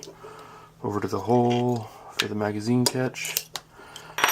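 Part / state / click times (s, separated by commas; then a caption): magazine catch pin into pistol frame / seated / 4.2 s. Someone talks while guiding a small pin over to the hole for the magazine catch in a Walther CCP pistol frame and pushing it home. A sharp metallic snap comes at 4.2 s as the pin snaps back into place and is seated.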